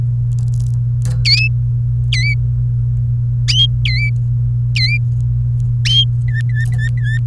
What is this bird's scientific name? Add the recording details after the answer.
Serinus canaria. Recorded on 27 April 2018 at 17:54. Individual llb3